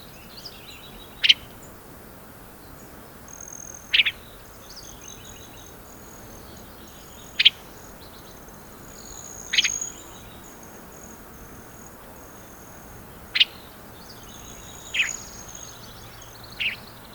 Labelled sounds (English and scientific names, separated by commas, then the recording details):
Mountain Bluebird (Sialia currucoides) song
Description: Mountain Bluebird song recorded at Twin Owls in Rocky Mountain National Park
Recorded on 25 May 2016